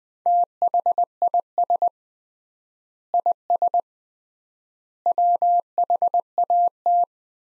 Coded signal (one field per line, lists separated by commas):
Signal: Morse code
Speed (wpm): 21 wpm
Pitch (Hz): 700 Hz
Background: none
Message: THIS IS WHAT